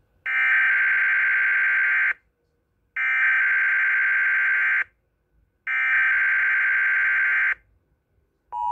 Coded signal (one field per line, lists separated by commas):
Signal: Emergency Alert System (SAME) tones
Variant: header bursts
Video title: Tampa bay required monthly test on WSCN